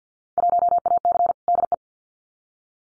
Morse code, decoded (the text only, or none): 1AC DE